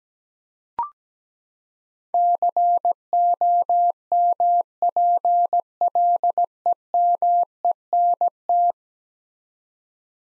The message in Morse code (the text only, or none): COMPLEMENT